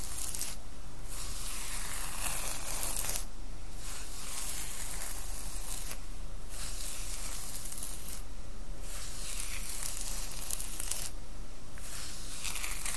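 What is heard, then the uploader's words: Hair being played with and brushed gives a steady, dense scratchy rustle, bright and hissy throughout. Short dips in the rustle come about every two to three seconds, near 1, 3, 6, 8.5 and 11 seconds, like pauses between strokes, over a faint low hum. ASMR Relaxing Hair Play & Brushing.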